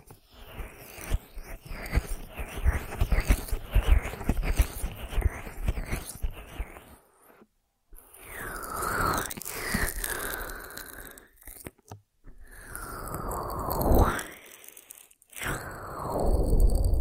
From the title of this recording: 3D Ear Massage